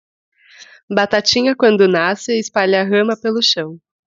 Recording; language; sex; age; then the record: short text; Brazilian Portuguese; female; 30 to 39 years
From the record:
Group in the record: control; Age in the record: 33 years